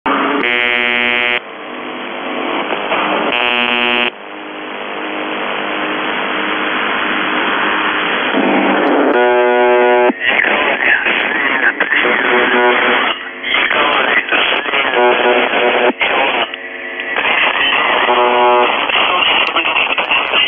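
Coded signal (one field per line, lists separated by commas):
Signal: channel marker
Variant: UVB-76 (The Buzzer)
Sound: three harsh, roughly one-second buzzes through hiss, then choppy broken sounds, possibly a voice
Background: radio static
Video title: The Buzzer/UVB-76(4625Khz) October 21, 2021 16:23UTC Voice message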